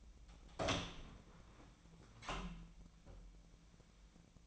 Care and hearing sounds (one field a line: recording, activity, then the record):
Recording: daily activity, microphone in the room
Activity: open door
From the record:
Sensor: 1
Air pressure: 1009.2 hPa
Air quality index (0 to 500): 192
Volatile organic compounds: 4 ppm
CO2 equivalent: 1612 ppm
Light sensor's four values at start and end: 34/92/37/44 and 34/93/38/44